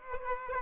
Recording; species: mosquito wingbeat signal from an infrared sensor; Aedes aegypti